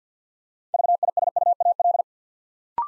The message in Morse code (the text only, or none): VISUAL